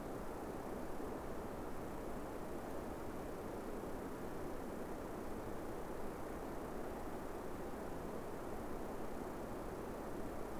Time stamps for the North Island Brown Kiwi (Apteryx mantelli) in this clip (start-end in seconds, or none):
none